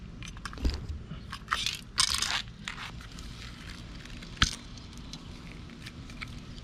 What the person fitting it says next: There you go. You'll know by a little audible click.